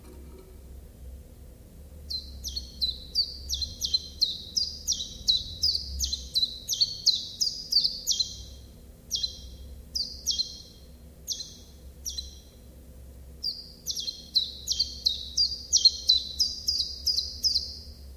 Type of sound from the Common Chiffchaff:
song